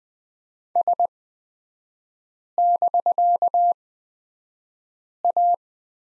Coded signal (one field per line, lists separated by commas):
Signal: Morse code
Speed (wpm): 20 wpm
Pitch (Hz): 700 Hz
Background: none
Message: S<BK>A